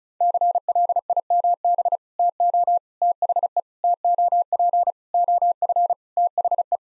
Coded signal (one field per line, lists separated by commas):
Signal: Morse code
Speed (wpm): 34 wpm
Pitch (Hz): 700 Hz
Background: none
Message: CLIMB TO THE TOP OF THE